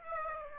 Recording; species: mosquito wingbeat signal from an infrared sensor; Aedes aegypti